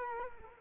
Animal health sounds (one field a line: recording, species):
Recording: mosquito wingbeat signal from an infrared sensor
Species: Culex quinquefasciatus